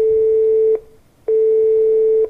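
telephone line tone

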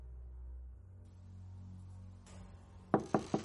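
knocking on a door

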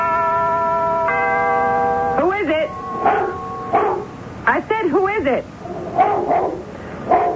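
dog barking

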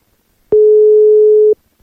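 telephone ringing tone

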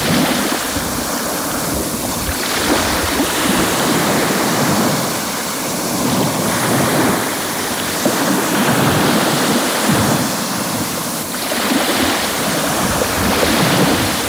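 sea waves breaking

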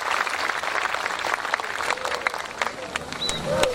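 audience applause

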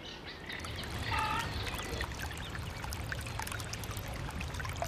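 river water flowing

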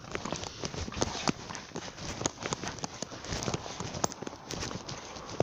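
horse hooves clip-clopping

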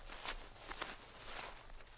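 human footsteps outside

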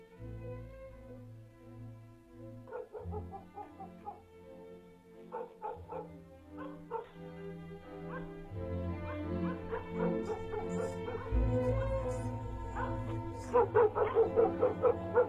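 dog barking and yelping

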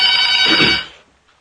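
telephone ringing

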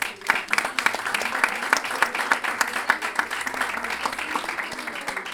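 audience applause

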